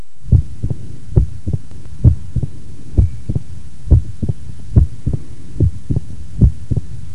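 Heart sounds at the cardiac apex of a patient with mitral stenosis, about 70 beats a minute: an accentuated first sound, then the second sound closely followed by a short, high-pitched mitral opening snap at the very start of diastole, as the sclerosed, fused mitral leaflets open, giving a characteristic triple rhythm.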